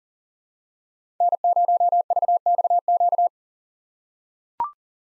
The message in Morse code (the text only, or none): N0VXQ